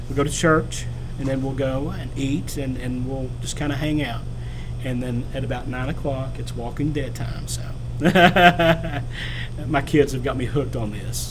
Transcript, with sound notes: We go to church and then we will go and eat and we’ll just kind of hang out. And then at about nine o'clock it is Walking Dead time, so. [Laughs.] My kids have got me hooked on this.